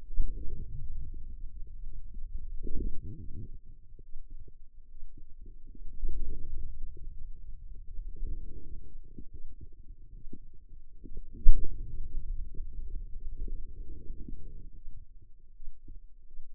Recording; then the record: forearm muscle sounds (acoustic myography)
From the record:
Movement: pen grasping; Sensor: system 2, bracelet of six BSWA MPA416 microphones around the upper forearm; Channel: 5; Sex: female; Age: 25 years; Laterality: right